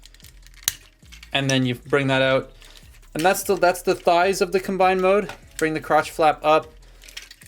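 A plastic leg panel on a transforming robot toy is folded up and tabbed into a slot in the thigh, seating with a sharp snap at 0.7 s. Small plastic taps come before and after it, and someone talks over the handling.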